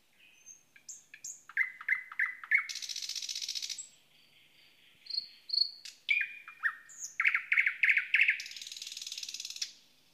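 Thrush nightingale song: pure whistles, then fast repeated clicking notes, a loud dry buzzing rattle, more whistles and chattering runs, ending in another long harsh rattle.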